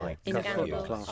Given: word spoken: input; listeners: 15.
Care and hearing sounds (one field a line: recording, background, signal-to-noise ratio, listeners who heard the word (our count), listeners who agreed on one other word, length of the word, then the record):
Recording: one English word in noise, from a listening test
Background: four-talker babble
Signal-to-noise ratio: -3.0 dB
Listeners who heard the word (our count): 0 of 15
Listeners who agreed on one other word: 12 of 15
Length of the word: 0.72 s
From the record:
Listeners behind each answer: 12, 1, 1, 1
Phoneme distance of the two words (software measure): 50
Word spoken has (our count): 2 syllables, 5 phonemes, stress on syllable 1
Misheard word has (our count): 2 syllables, 5 phonemes, stress on syllable 1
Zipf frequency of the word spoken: 3.66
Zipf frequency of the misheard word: 4.15